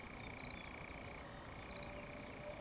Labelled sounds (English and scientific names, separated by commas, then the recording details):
Eurasian Woodcock (Scolopax rusticola) whistle
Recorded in Baden-Württemberg, Germany, on 11 June 2020 at 20:15 UTC
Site 24578, 122 m above sea level